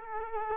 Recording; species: mosquito wingbeat signal from an infrared sensor; Culex quinquefasciatus